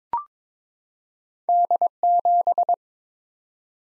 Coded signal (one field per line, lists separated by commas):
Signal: Morse code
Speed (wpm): 22 wpm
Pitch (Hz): 700 Hz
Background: none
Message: D7